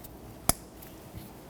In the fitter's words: So slide it over, line it up until it clicks.